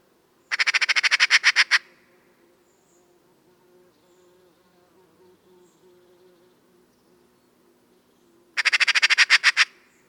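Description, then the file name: Eurasian magpie uttering two loud, grating rattles of quick notes, separated by about seven seconds of near silence with a faint low hum. "Pica pica"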